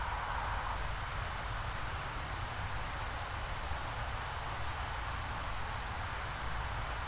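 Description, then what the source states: Crickets chirping in a dense chorus, a continuous high pulsing trill, over a low, even rumble like flowing water. Summer night ambience in the Pyrenees mountains, France; crickets with a distant river.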